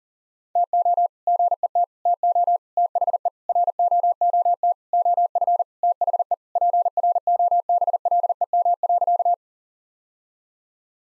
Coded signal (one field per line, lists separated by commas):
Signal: Morse code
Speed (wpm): 40 wpm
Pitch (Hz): 700 Hz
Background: none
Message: TO GET TO THE ROOT OF THE PROBLEM.